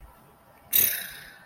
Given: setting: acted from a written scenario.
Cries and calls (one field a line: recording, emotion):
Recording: vocal sound without words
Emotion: contempt